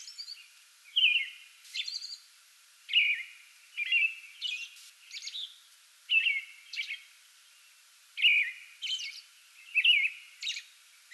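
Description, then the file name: American robin singing clear, carolling whistled phrases separated by short pauses, repeated steadily throughout. Pre-dawn song from a small tree in a front yard, recorded 8 May 2022. "2022-05-08 American Robin pre-dawn singing from small tree in front yard"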